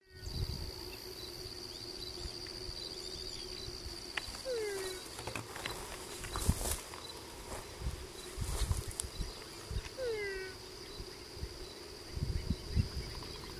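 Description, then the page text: Weeping frog giving two brief descending whine calls roughly six seconds apart, with a thin steady high tone and scattered low knocks and rustles. Single frog calling alone at Guatraché, first time heard there; called for a while, then stopped calling after playback was played to it. "esta especie en Guatraché"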